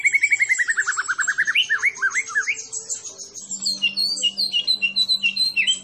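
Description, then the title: White-rumped shama song: a rapid run of slurred whistled notes dropping in pitch, then looping rising and falling whistles, followed by higher quick chattering notes with a faint low hum. Masteran training recording of a champion white-rumped shama song, used to teach other songbirds. "Masteran Murai Batu Juara"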